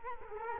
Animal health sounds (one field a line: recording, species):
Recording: mosquito wingbeat signal from an infrared sensor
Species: Culex quinquefasciatus